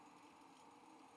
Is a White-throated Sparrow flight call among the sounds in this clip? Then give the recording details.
no. No flight call is heard. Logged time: 06:02 on 5 December 2014